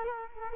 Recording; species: mosquito wingbeat signal from an infrared sensor; Culex quinquefasciatus